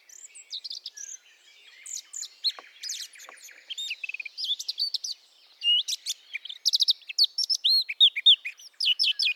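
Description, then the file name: Eurasian blackcap song, a long quiet scratchy warble that builds into bright, loud fluted whistles over the final seconds. "Sylvia atricapilla"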